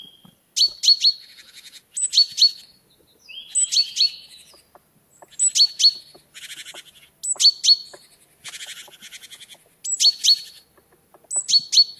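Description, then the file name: Great tit calling, clusters of sharp high chirping notes repeated every couple of seconds, mixed with dry scolding churr rattles. "Parus major"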